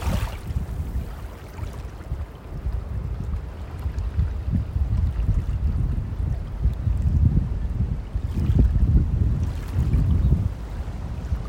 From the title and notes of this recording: Alcudia Beach in the morning, Mallorca, Spain. We woke up at 6am on our last day in Mallorca to squeeze one final sea swim into the trip. We were the first ones in at the local beach.